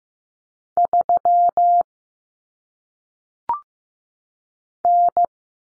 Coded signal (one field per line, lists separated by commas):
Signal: Morse code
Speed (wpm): 15 wpm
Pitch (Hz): 700 Hz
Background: none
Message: 3 N